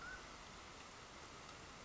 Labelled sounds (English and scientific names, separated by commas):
Mountain Quail (Oreortyx pictus)